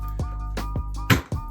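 A new plastic toilet seat is set down onto two fastened quick-release hinge posts and pushed until it locks into place. Over steady background music, a few soft taps come before one sharp snap at 1.1 s, and the seat is seated on the hinges.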